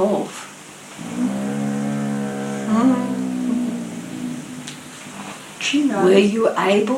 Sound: the dog groans as though in understanding